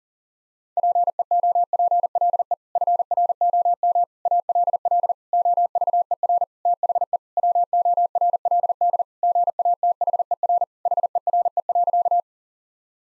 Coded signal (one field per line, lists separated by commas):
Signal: Morse code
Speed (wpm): 37 wpm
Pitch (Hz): 700 Hz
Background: none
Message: PEOPLE FROM ALL OVER THE WORLD GATHER HERE.